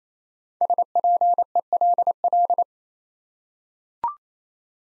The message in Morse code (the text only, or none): SPELL